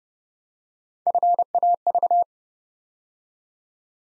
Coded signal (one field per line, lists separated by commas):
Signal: Morse code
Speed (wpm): 30 wpm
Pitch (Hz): 700 Hz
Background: none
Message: FAV